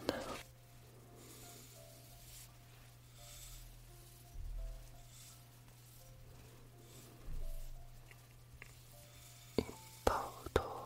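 Soft brushing across a camera over a steady low hum, with dull bumps near four and seven seconds and sharp clicks near the end.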